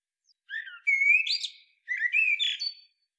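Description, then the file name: Eurasian blackbird giving two short fluty, whistled phrases of about a second each, warbling mid-pitch notes ending in higher squeaky twitters, against an otherwise quiet background. "Turdus merula"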